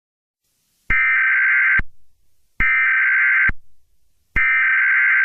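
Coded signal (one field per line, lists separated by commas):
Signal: Emergency Alert System (SAME) tones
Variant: header bursts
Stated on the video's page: Fictional EAS scenario.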